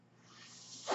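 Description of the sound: A soft airy hiss builds steadily over about a second and ends in a louder whoosh of airflow. It is the sound of a home mechanical ventilator pushing air, running in the background.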